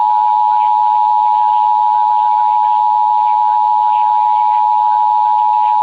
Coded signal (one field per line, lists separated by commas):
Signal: Emergency Alert System (SAME) tones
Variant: 853 and 960 Hz attention tone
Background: speech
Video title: NOAA & AM/FM - 6x EAS Alerts!!! 3 SVRs 3 FFWs (EAS #856 - 861)